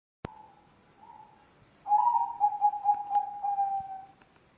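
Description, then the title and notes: Spotted dove coo: a sharp click, a faint soft note, then a louder mellow phrase of rolling pulsed coos lasting about two seconds. Lure call used for trapping. "Pikat Burung Tekukur. Kumpulan suara burung tekukur"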